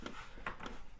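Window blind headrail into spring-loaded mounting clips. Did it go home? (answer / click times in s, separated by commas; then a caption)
yes / 0.5 s. A window blind's headrail is pushed up into its remaining spring-loaded mounting clips, which lock onto the headrail's top ridge. A sharp click at 0.5 s comes between softer ticks near 0.1 s and 0.7 s. The headrail is seated, with everything in place.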